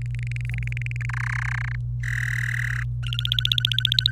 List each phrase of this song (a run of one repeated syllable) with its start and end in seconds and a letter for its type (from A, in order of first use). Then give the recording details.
0.02-1.05 A, 1.09-1.75 B, 2.03-2.83 C, 3.03-4.10 D. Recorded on 25 April 2018 at 16:43. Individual llb3